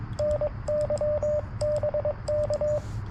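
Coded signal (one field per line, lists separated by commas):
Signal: Morse code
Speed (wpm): 22 wpm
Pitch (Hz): 600 Hz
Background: radio noise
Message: NYBK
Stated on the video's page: CW park activation (POTA) with an FX-4CR transceiver, TPIII key, and a Sporty Forty coil with 213-inch whip.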